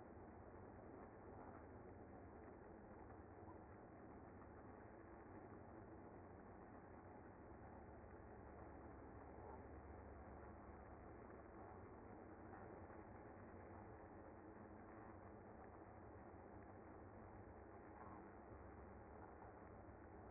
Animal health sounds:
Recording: honeybee colony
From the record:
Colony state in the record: active

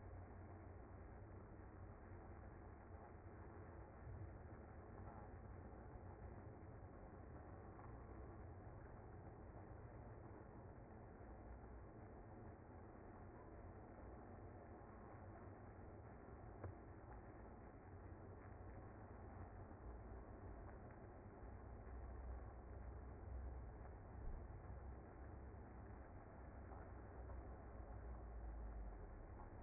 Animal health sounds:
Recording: honeybee colony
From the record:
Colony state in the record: active

